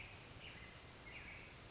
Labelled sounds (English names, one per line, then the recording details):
Black-headed Grosbeak
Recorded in Sonoma County, California